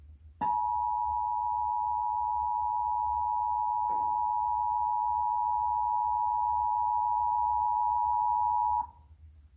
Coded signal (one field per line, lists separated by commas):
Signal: Emergency Alert System (SAME) tones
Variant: 853 and 960 Hz attention tone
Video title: 2018 Iowa Tornado Drill tests on TV and radio (EAS #499-516)